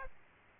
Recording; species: mosquito wingbeat signal from an infrared sensor; Aedes aegypti